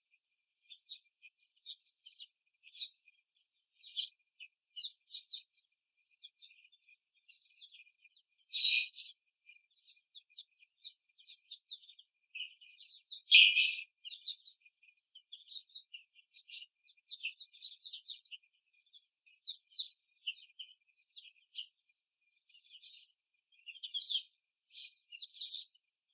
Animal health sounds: young laying hens in a cage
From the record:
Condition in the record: before the stressor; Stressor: simulated dog barking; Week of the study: 3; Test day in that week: 1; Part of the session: 1

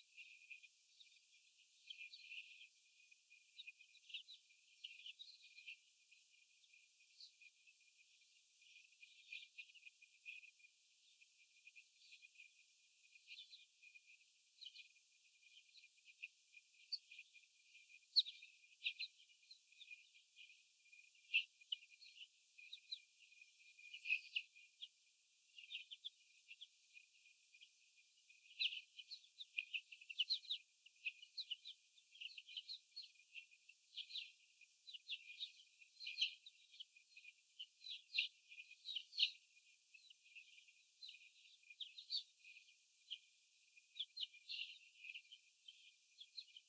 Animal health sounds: young laying hens in a cage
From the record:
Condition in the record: after the stressor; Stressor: sudden umbrella opening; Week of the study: 3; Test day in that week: 2

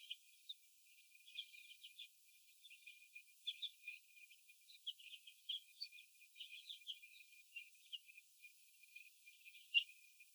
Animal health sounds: young laying hens in a cage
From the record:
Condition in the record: before the stressor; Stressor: sudden umbrella opening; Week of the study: 2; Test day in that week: 1

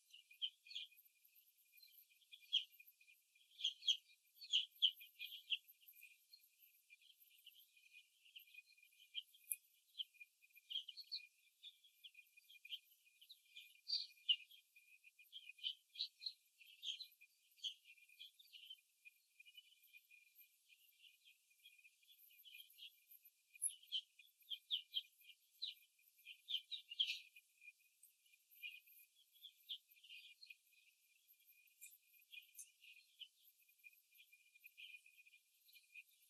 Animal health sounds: young laying hens in a cage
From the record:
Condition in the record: before the stressor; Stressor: simulated dog barking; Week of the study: 2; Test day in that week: 3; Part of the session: 3

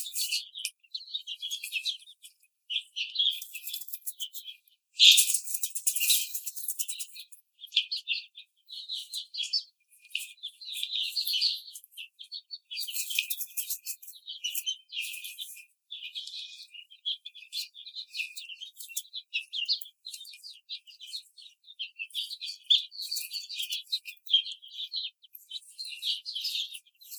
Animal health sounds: young laying hens in a cage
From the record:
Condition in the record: treatment cage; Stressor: simulated dog barking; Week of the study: 5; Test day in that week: 1

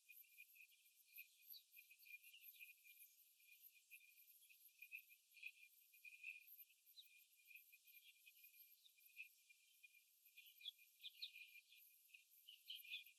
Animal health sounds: young laying hens in a cage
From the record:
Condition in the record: after the stressor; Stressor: simulated dog barking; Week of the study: 3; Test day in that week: 2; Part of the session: 1

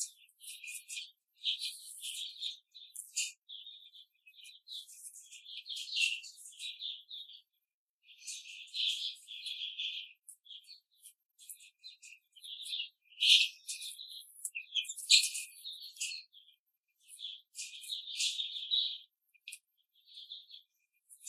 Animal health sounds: young laying hens in a cage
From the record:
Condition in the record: control cage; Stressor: none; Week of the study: 5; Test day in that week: 1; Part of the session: 4

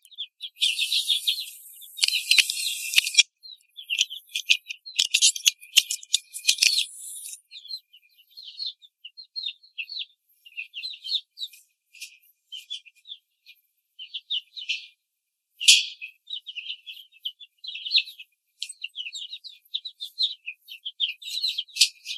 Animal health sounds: young laying hens in a cage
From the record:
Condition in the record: control cage, before the stress test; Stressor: none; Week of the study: 4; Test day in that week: 1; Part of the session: 1

